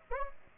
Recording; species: mosquito wingbeat signal from an infrared sensor; Aedes aegypti